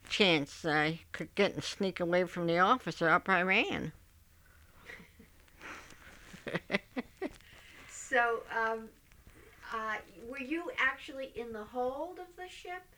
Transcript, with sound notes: chance I could get and sneak away from the officer, up I ran. (they laugh)
So, were you actually in the hold of the ship,